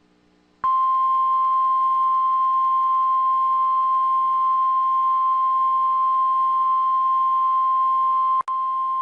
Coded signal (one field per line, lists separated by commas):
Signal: Emergency Alert System (SAME) tones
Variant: 1050 Hz attention tone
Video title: REAL EAS 1425- Flash Flood Warning